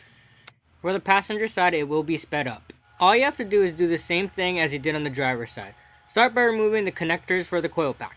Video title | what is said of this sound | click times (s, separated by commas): 2015 Dodge Challenger Spark Plug Replacement | when plugging in make sure you hear a click ensuring that the connector is fully connected and make sure that red tab is fully locked | 0.5 s